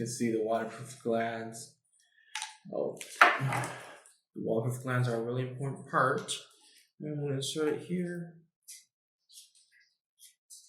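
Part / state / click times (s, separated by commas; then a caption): network cable connector into outdoor PoE media converter port / not seated / none. A network cable connector is handled at the waterproof gland port of an outdoor PoE media converter while someone talks, with a few faint handling taps near the end. The clip ends before the connector goes in, so nothing has seated or clicked yet.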